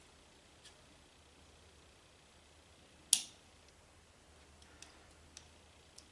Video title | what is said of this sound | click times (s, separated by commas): Pietta 1858 Remington- Sheriff's Model 44 Cal | clicks and it dropped right into the the | 3.1 s